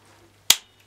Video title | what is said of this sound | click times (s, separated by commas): AEG Router MF1400KE Part 3 | locks into place with this lever here so extremely simple | 0.5 s